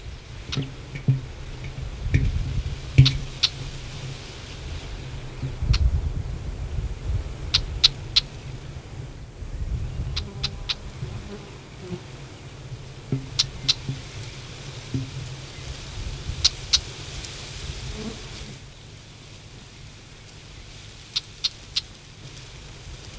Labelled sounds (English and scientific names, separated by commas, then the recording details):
Red-backed Shrike (Lanius collurio) call
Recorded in the wild
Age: adult
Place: Feldberg - Koldenhof, Mecklenburgische Seenplatte, Mecklenburg, DE
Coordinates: 53.3333, 13.3167
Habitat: mixed forest, clearing
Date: 1976-06-30 19:58
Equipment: Uher CR 210, Sennheiser MD 421 HL, Verstärker, Reflektor, Kopie Uher 4200
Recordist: Tembrock, Günter